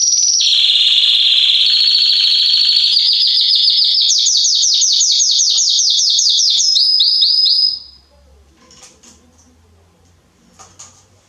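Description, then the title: Belgian canary song: fast, even trills that step upward in pitch over about eight seconds, then stop abruptly, leaving near silence with a few faint chirps. Male Belgian canary singing a lot, to warm up young and Belgian canaries within 30 minutes. "Esquente Seu Filhote E Canario Belga Em 30 Minutos Macho Cantando Muito. Esquente seu canrio belga em 30 minutos - Canrio Belga estourado"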